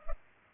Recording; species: mosquito wingbeat signal from an infrared sensor; Culex pipiens